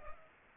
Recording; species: mosquito wingbeat signal from an infrared sensor; Culex pipiens